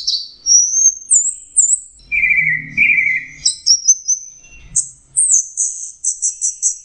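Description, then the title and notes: Orange-headed thrush song, long high whistles, a lower warbled passage, then a quick series of repeated high notes at the end. Masteran training recording for Anis Kembang (chestnut-capped thrush); Anis Merah teler song style. "Suara Burung Anis Merah Teler. Masteran Anis Kembang"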